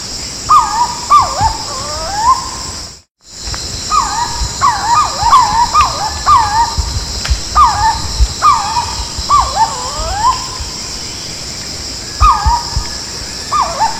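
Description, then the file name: Purple-throated fruitcrow calls: repeated slurred whistles in overlapping bursts, with a short dropout early on and a steady high background drone throughout. "Canto do anambeuna"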